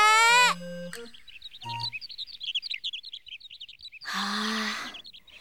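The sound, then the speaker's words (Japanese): Small birds in the sky on a spring day, in an Akazukin Chacha audio drama, chirp in a rapid, high-pitched twittering stream for a few seconds, bracketed by a loud, buzzy tone at the start and another at the end. No one speaks. “空には小鳥、花には蝶。”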